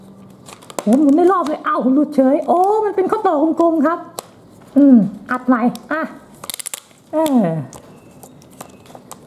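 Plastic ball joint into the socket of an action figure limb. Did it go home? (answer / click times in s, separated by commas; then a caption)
yes / 6.5 s. Someone talks while rotating a limb of a plastic Avengers superhero action figure until it pops off its round ball joint, then presses the plastic ball back into the limb's socket. A quick burst of sharp plastic clicks comes at 6.5 s as the ball joint seats back in, followed by a few softer taps and a short spoken word.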